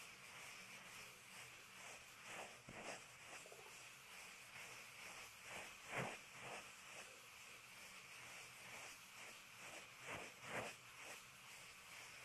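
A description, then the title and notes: A mascara brush makes a soft, bristly scratching that runs steadily the whole time, bright and hissy with little low end. Sharper swipes stand out now and then, often in quick pairs, around two and a half, six and ten seconds. AMSR Mascara Brush.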